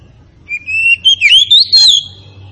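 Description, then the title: Oriental magpie-robin song: a single phrase of clear whistled notes that twists upward. Tretes variety of oriental magpie-robin, described as in full, active song (gacor). "Kacer Tretes Gacor"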